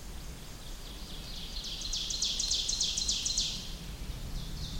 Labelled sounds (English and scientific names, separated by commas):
Ovenbird (Seiurus aurocapilla) song